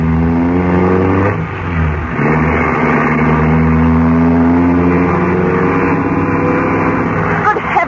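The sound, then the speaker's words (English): A car races through narrow streets with its engine revving hard, a loud, steady droning roar whose pitch dips briefly, as if shifting gears, then climbs and holds high. “Going to drive through these narrow streets at this speed, is he?”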